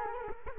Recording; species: mosquito wingbeat signal from an infrared sensor; Culex quinquefasciatus